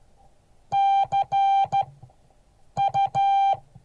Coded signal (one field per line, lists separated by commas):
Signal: Morse code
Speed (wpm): 14 wpm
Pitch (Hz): 790 Hz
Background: music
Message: CU